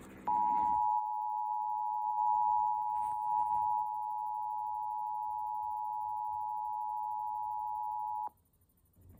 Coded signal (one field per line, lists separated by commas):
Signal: Emergency Alert System (SAME) tones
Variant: 853 and 960 Hz attention tone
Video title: A Normal Day | EAS #24-34